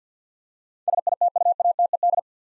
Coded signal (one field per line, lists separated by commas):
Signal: Morse code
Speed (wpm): 50 wpm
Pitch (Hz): 700 Hz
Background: none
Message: SITUATED